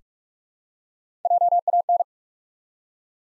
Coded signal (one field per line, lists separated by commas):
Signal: Morse code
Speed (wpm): 46 wpm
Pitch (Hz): 700 Hz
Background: none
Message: JAN